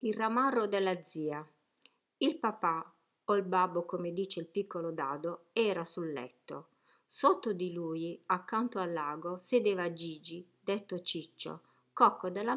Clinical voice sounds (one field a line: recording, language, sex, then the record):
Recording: read passage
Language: Italian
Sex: female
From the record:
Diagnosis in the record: healthy control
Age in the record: 61 years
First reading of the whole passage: 67 s, 7.7 characters per second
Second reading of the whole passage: 54 s, 9.6 characters per second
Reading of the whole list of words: 44 s, 6.4 characters per second